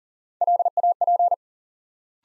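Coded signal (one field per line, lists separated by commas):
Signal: Morse code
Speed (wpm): 40 wpm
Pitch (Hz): 700 Hz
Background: none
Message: LAP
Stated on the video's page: Morse Code Ninja practice set at 40 wpm building 3-letter words one letter at a time, for instant character recognition training.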